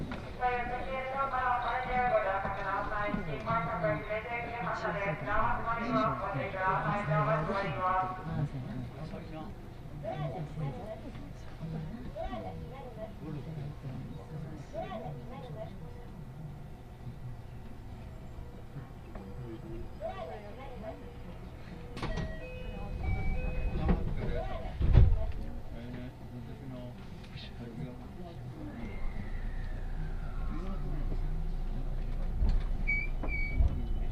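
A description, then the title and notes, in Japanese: Aboard a Tokaido Line special rapid train running from Kusatsu to Shin-Osaka, a tonal, sing-song announcement fills the first eight seconds. Steady low running rumble and scattered voices follow, with a heavy thump near 25 seconds and brief high tones late on. 耳で楽しむ鉄道旅 東海道本線新快速 草津→新大阪。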